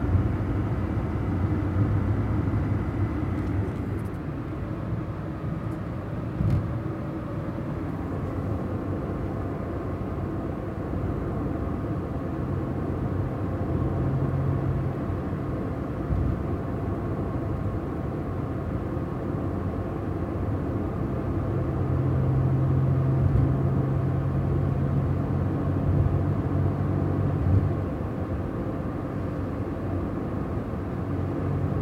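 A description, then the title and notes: A steady, dense low rumble of a car riding along the highway, with a faint engine hum rising and falling and occasional soft bumps. Autofahrt auf der Autobahn | Car ride on the highway.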